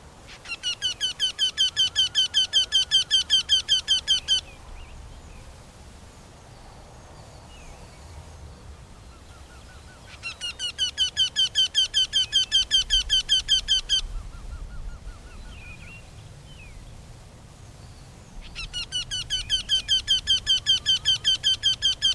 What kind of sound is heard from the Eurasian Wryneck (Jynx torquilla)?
song